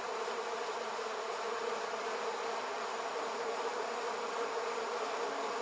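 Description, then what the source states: Bee buzzing from many insects at once, a continuous even hum that barely changes. Multiple bees in an almond orchard.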